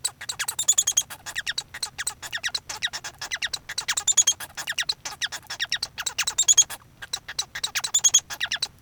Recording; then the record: song of a male Bengalese finch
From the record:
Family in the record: son of father 1